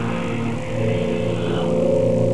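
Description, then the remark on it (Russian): A steam locomotive hisses steadily, a continuous breathy rush layered over a low, droning mechanical hum that holds even and fairly loud for a couple of seconds, with no voices. “Похоже, что где-то шипит паровоз.”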